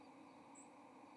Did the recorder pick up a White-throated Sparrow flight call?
no